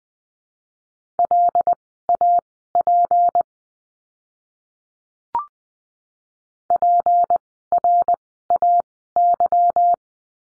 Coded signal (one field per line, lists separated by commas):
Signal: Morse code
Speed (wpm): 20 wpm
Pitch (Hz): 700 Hz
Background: none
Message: LAP PRAY